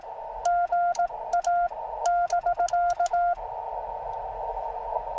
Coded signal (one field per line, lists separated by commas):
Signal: Morse code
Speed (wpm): 19 wpm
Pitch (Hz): 700 Hz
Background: none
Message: GA <BK>